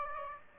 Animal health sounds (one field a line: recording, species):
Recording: mosquito wingbeat signal from an infrared sensor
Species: Aedes aegypti